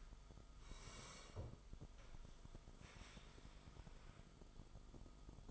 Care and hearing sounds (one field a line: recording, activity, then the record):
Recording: daily activity, microphone in the room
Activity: sit down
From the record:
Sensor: 5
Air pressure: 1005.2 hPa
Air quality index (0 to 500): 105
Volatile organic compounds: 2 ppm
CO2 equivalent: 1286 ppm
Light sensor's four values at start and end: 34/79/32/30 and 34/79/32/30